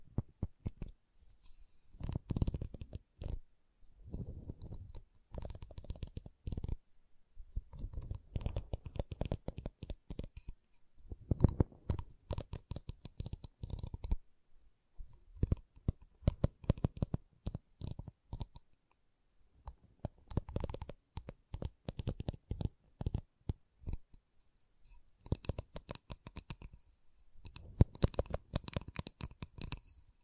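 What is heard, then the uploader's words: Wood triggers: bursts of dense tapping and scratching clicks on wood, grouped into roughly two-second runs separated by short silences throughout. ASMR Calming Wood Triggers for Sleep (No Talking).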